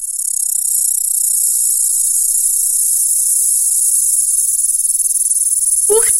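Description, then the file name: Grasshopper song, an unbroken high hissing buzz held throughout, with a brief lower click or knock near the end. "kuznechik"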